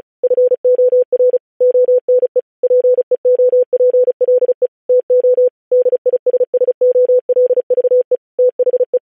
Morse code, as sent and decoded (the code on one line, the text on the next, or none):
..-. --- .-. / --- -. . / .--. . --- .--. .-.. . / - --- / -.. .. ... ... --- .-.. ...- . / - .... .
FOR ONE PEOPLE TO DISSOLVE THE